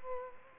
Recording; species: mosquito wingbeat signal from an infrared sensor; Culex quinquefasciatus